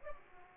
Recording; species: mosquito wingbeat signal from an infrared sensor; Aedes aegypti